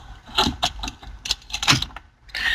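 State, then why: Not seated. An ignition lock cylinder is handled at its housing in the steering column of an old Dodge Caravan minivan whose ignition won't turn. Short metallic rattles and taps, like jangling keys, are heard around 0.4, 0.6 and 1.3 seconds, and a broadband hiss rises at the end. Nothing has seated or clicked yet.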